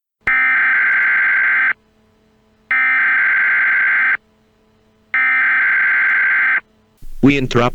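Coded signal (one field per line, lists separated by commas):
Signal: Emergency Alert System (SAME) tones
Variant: header bursts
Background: speech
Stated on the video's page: Fictional EAS scenario containing valid SAME tones.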